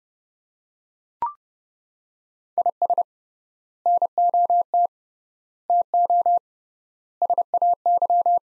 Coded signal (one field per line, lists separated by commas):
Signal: Morse code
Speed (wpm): 30 wpm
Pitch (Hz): 700 Hz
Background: none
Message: IS NOT TO SAY